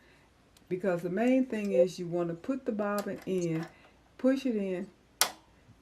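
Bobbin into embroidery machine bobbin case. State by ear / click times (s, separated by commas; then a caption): seated / 5.2 s. Someone talks while pushing a bobbin into the bobbin case of an embroidery machine. A sharp click at 5.2 s confirms the bobbin is seated correctly.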